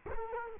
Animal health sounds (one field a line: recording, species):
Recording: mosquito wingbeat signal from an infrared sensor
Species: Culex quinquefasciatus